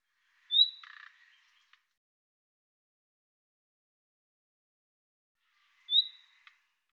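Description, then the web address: Bird calls: two short, high sharp notes with a buzzy lower tail, about five seconds apart, with silence between them. "Deverinetal 2025"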